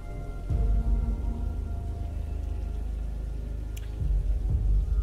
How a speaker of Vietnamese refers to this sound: Thế nhưng không, tất cả đã trở về không gian im ắng, chỉ có tiếng mưa rơi lộp bộp lộp bộp. Cơn mưa cứ to dần, kèm theo không khí lạnh lẽo phủ xuống.